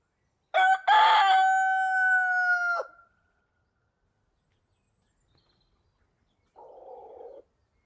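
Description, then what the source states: Rooster crowing: a loud broken start then a long steady held note ending abruptly, followed after a pause by a short low rough sound. Countryside ambience during the day.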